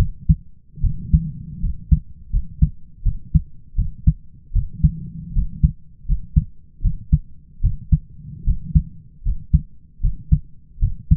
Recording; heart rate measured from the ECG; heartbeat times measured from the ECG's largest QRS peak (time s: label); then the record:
heart sounds by stethoscope; 78 bpm
0.81 s: heartbeat
1.60 s: heartbeat
2.30 s: heartbeat
3.03 s: heartbeat
3.75 s: heartbeat
4.53 s: heartbeat
5.33 s: heartbeat
6.06 s: heartbeat
6.81 s: heartbeat
7.61 s: heartbeat
8.44 s: heartbeat
9.23 s: heartbeat
10.01 s: heartbeat
10.79 s: heartbeat
From the record:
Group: healthy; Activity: rest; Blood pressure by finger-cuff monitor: 121/75 mmHg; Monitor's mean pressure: 87 mmHg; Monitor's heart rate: 77 bpm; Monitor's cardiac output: 5.5 L/min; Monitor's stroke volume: 72 mL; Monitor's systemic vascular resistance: 1120 dyn s/cm5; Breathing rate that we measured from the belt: 17 breaths a minute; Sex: male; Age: 20 years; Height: 167 cm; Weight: 61 kg